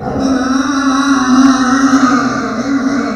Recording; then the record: squeal of a Yucatan mini pig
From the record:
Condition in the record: after surgery on the right vocal fold (resection and tissue-engineered implant); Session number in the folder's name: 7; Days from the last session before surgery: 47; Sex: female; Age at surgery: 19 weeks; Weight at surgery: 25 kg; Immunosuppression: prednisolone